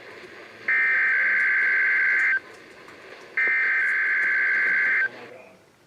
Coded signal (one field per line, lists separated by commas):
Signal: Emergency Alert System (SAME) tones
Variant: header bursts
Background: speech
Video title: NOAA Radio (EAS # 629-630) Required Weekly Tests 3/27/19